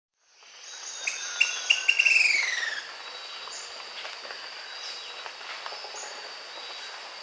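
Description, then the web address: Long-crested pygmy-tyrant song: sharp notes running into a quick descending trill early on, then a steady high insect drone with faint scattered chirps. South America. "Natures Songs S America Long-crested Pygmy-Tyrant"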